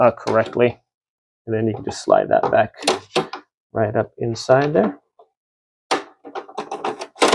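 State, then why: Not seated. Someone talks while sliding the cleaned plastic dust filter back up into its slot in the housing of a COLAZE 30 pint dehumidifier. Toward the end, short handling knocks and rattles are heard around 5.9 to 7.0 seconds. The filter has not seated or snapped into place yet when the clip ends.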